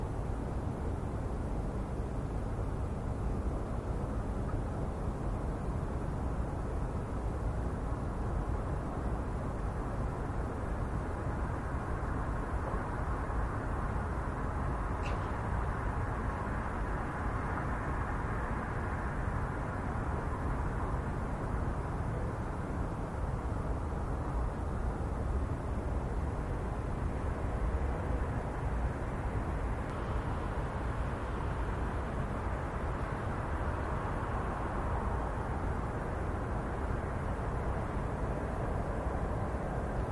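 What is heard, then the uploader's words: A harbor town on a grey, foggy evening, heard as a steady low rumble of traffic and machinery that never lets up. The sound is dense and dull, weighted toward the low end, with a brief faint high tick near the fifteen-second mark. Foggy Harbor Town. We listen to the seren and realxing sounds of a Northeastern harbor twon on a very grey, foggy evening.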